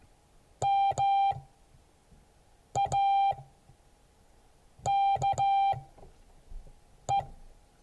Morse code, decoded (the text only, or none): MAKE